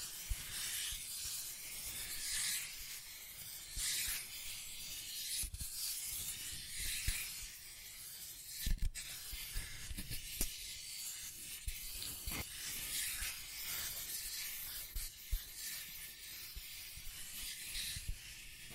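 Scratching and tracing across a surface, a steady hissy rubbing that stays bright and airy with little low tone. The strokes swell and fade every second or two, with a few sharper scrapes and taps near 5.5, 9 and 12.5 seconds.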